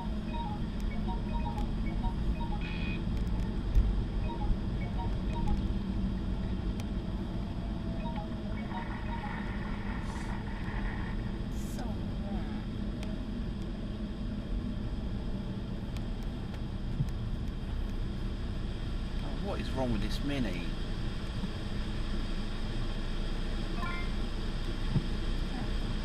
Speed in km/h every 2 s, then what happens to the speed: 23, 24, 26, 23, 21, 21, 21, 18, 15, 15, 11, 13, 13.
0-12 steady at about 23. 12-20 slows to 11. 20-26 steady at about 13.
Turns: none.